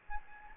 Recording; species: mosquito wingbeat signal from an infrared sensor; Anopheles gambiae